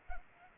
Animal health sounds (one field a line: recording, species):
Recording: mosquito wingbeat signal from an infrared sensor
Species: Culex pipiens